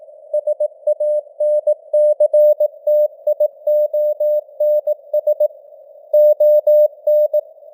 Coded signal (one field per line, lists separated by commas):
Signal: Morse code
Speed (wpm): 18 wpm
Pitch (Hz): 600 Hz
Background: none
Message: SANCTIONS ON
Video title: Morse Code News | 2025-10-23 | 18wpm